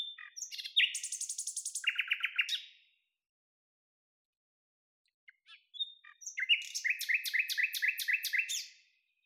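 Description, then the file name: Common nightingale delivering two long phrases of rapid rattling trills and repeated notes, separated by a short pause with faint soft notes. "Luscinia megarhynchos"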